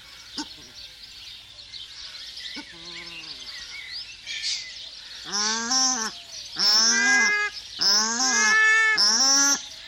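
Paradise shelduck giving harsh, nasal honking calls: a few soft notes early, then four loud honks in close succession.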